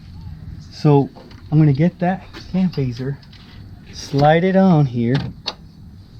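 During timing chain work on a 2014 Acadia 3.6L engine, a cam phaser is picked up and slid onto the camshaft, where it is meant to be turned until it locks onto the locking pin. Someone talks throughout, with faint handling noises between the words. Nothing has seated or clicked into place yet.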